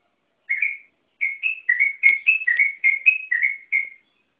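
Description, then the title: Yellow-vented Bulbul song, a steady run of many clear, liquid whistled notes, each slurring up or down, delivered briskly after a brief opening note. "burung rucukan"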